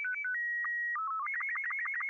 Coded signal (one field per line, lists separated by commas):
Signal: SSTV (slow-scan television)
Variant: Robot 36